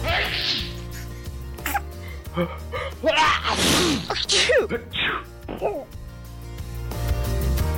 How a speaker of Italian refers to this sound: Siamo tornati con una raffica di starnuti